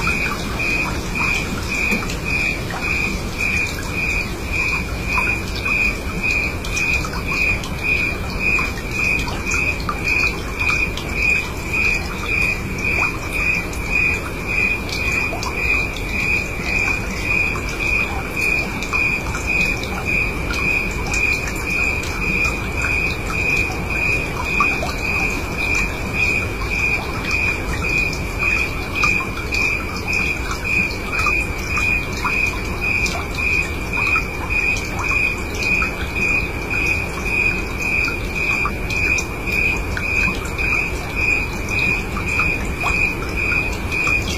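Steady night wind and rushing water fill the low end while a cricket trills in a fast, even pulse throughout, never pausing.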